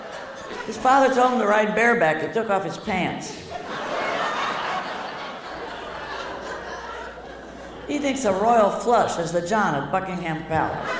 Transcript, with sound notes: His father told him to ride bareback. He took off his pants.
(LAUGHTER)
He thinks a Royal flush is the john at Buckingham Palace.